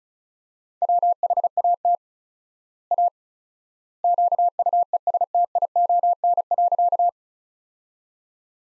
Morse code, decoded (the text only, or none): WHAT A QUESTION.